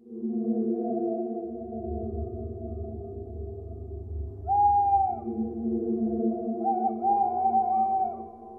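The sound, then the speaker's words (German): A Eurasian eagle-owl, the largest European owl, hoots in deep, drawn-out tones, with a low rumble underneath and a couple of brief higher gliding notes midway and near the end. No one speaks. “Der Uhu ist die größte europäische Eule.”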